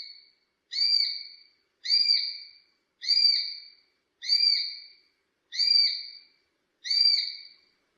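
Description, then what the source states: Hawk: evenly spaced, slurred screams, one about every 1.2 seconds, each loud with strong harmonics. Hawk calling while hunting prey.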